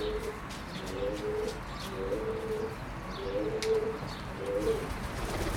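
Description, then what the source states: Pigeon cooing, low muffled coos repeated about once a second over steady background noise. Berlin, Germany, 2022.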